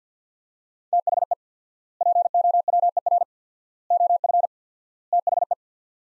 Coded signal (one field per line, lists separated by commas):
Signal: Morse code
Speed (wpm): 50 wpm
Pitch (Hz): 700 Hz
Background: none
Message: THE POWER OF THE